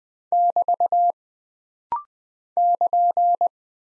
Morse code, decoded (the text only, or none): <BT> <KN>